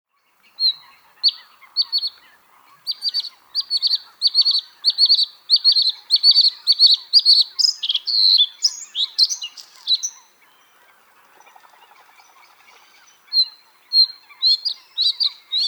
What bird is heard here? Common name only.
Bluethroat